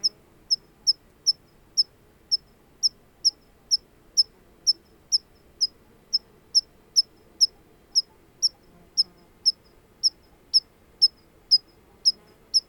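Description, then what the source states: Water pipit calling: sharp, thin high notes repeated steadily about twice each second throughout, over quiet background. Recorded at Rindalphorn on 1 August 2013.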